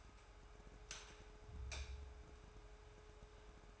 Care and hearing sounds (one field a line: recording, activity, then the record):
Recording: daily activity, microphone in the room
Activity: light on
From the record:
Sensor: 2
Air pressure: 1010.1 hPa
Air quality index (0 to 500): 159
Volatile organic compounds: 7 ppm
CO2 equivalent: 1998 ppm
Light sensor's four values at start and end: 41/98/44/49 and 44/110/49/54